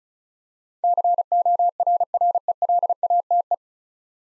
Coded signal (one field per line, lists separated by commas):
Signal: Morse code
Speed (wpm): 36 wpm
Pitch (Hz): 700 Hz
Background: none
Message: CORRELATE